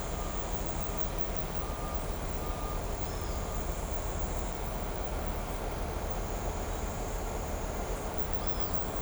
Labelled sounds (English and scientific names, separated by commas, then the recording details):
Great Kiskadee (Pitangus sulphuratus)
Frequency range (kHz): Great Kiskadee (Pitangus sulphuratus) 2.6-5.5 kHz
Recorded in shrubland near Pivijay, Magdalena, Colombia, on 5 June 2023 at 18:00
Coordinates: 10.453, -74.365
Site P5-G022